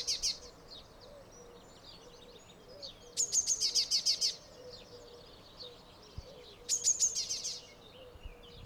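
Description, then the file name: Eurasian blue tit giving buzzy, rapid churring bursts of about a second each, two full bursts several seconds apart after one cut short at the start, with faint chirps and a low steady hum. "Cyanistes caeruleus"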